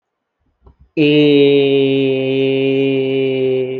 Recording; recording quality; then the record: sustained vowel as in made; excellent, no background noise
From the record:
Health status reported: healthy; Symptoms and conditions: none ticked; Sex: male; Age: 30 years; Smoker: not ticked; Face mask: not worn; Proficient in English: yes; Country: India